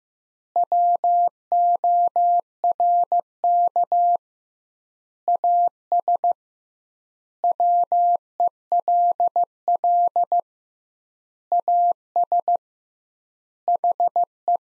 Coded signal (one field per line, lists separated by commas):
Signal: Morse code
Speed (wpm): 15 wpm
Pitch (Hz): 700 Hz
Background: none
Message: WORK AS WELL AS HE